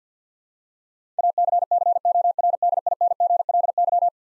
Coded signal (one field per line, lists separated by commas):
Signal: Morse code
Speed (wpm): 50 wpm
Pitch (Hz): 700 Hz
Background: none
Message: ACCORDINGLY